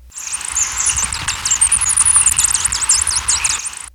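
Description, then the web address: Rainbow starfrontlet giving rapid, very high squeaky chips and thin twittering notes, many short sharp downslurs in quick succession over a faint hiss. Recorded in Ecuador. "Natures Songs S America Birds of Ecuador. Rainbow Starfrontlet"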